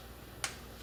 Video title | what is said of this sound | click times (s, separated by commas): Tamiya Handy Drill out of box Full Build PT#1 | all right snaps right in place so now this little they call it a bushing | 0.4 s